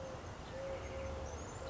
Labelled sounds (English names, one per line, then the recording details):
Eurasian Collared Dove
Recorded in Sonoma County, California